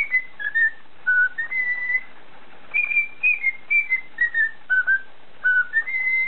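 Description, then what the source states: Cockatiel whistles in quick succession, clear level and gently sliding notes stepping up and down in pitch, forming a tune-like phrase. Whistling (siulan).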